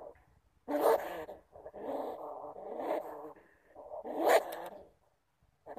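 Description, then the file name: Bamboo rat uttering a few drawn-out, gruff growls separated by quiet pauses. "Tieng dui keu"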